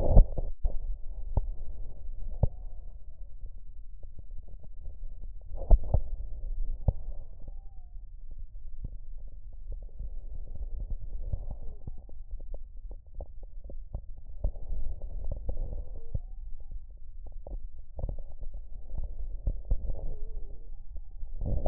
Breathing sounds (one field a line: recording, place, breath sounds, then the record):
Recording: lung sounds by stethoscope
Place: left posterior middle chest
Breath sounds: expiratory wheeze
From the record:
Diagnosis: asthma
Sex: male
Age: 40 years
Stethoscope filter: extended mode, 50 to 500 Hz